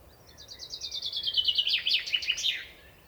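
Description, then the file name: Common chaffinch song: repeated notes descending into a rattling trill, closed by a short terminal flourish. "Fringilla coelebs"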